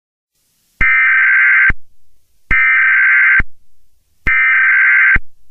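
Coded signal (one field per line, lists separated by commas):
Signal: Emergency Alert System (SAME) tones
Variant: header bursts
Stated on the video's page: Not a real EAS alert; fictional scenario.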